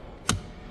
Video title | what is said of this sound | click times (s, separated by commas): NEW ARRIVAL! 2026 BMW M4 Competition Cabriolet Black Sapphire Metallic Kylami Orange #bmw #m4 #g83 | and this is down, it's locked into place. | 0.3 s